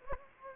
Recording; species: mosquito wingbeat signal from an infrared sensor; Anopheles gambiae